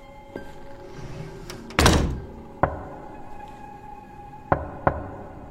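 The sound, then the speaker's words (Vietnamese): Sharp wooden knocks on a door, a few spaced irregularly with a pair close together near the end, plus one heavier, longer thud early on. No one speaks. “Anh ơi, có phải là tiếng gõ cửa đúng không?”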